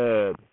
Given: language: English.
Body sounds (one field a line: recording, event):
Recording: throat vibration sensor signal played as sound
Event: speech